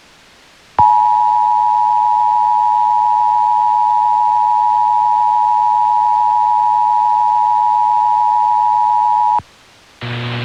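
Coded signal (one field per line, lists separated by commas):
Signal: Emergency Alert System (SAME) tones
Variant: 853 and 960 Hz attention tone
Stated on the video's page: Mock tornado warning with valid EAS tones on a fictional FM station.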